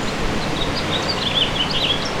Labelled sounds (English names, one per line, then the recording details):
House Finch song
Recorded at Patchogue on Long Island, New York, on 21 June 2013
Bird G